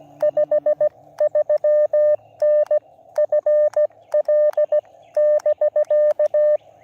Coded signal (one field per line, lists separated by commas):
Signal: Morse code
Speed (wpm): 17 wpm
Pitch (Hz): 590 Hz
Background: none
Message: 53N FL <BK>